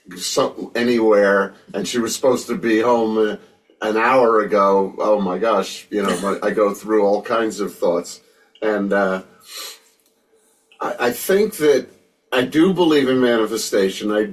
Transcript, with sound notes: anywhere, and she was supposed to be home, uh, an hour ago, oh my gosh, you know.
(laughs)
I- I go through all kinds of thoughts. And, uh, I, I think that I do believe in manifestation.